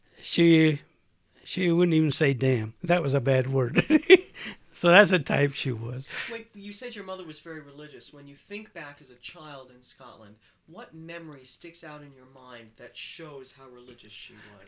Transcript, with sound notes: She wouldn't even say, "Damn." That was a bad word. ( he laughs ) So that's the type she was.
You said your mother was very religious. When you think back as a child in Scotland, what memory sticks out in your mind that shows how religious she was?